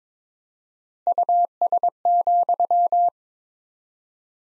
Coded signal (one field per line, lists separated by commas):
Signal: Morse code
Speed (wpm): 22 wpm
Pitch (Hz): 700 Hz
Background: none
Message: US,